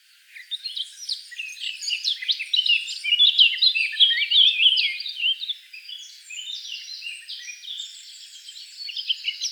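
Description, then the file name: Eurasian blackcap warbling: a dense, scratchy jumble of quick high notes that swells in the middle, then continues more softly with brief bright phrases. "Sylvia atricapilla"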